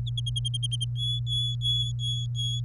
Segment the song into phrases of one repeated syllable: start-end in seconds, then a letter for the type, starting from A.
0.96-2.60 A